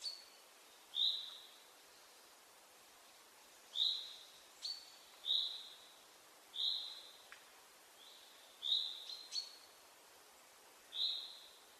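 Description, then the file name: Common chaffinch calling, clear brief high notes given singly at irregular intervals against quiet background hiss. "Fringilla coelebs"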